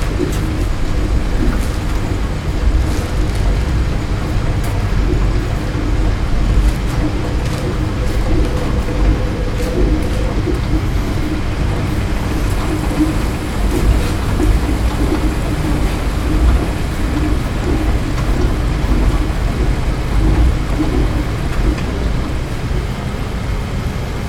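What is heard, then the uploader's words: Laundromat machines churn in a steady, dense low rumble that holds level for the whole stretch. Faint clicks and knocks come through at irregular moments, and a brief higher hum rises around the tenth second before fading back into the drone. LAUNDROMAT.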